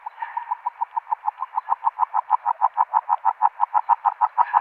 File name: Rana Dalmatina